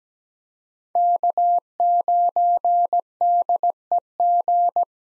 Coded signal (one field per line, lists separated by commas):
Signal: Morse code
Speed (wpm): 17 wpm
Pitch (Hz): 700 Hz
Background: none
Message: K9DEG